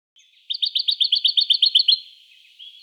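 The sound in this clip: Jacky winter delivering one quick run of roughly twelve high, evenly spaced chirps lasting under two seconds, then a faint trailing note.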